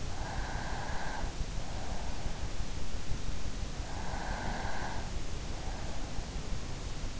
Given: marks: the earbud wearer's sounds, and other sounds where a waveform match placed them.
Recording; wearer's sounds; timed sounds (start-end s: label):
sounds in sleep by an in-ear microphone; breath
0.00-1.65 s: breath
3.48-5.54 s: breath